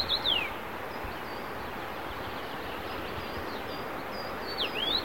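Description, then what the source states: Common rosefinch giving a few short slurred whistled calls at the start and near the end, over steady low rumbling background noise. Recorded 25 June 2017.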